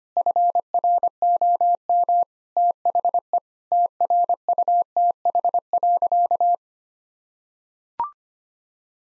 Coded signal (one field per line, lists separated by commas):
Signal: Morse code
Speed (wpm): 25 wpm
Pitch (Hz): 700 Hz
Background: none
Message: FROM THE TRUTH.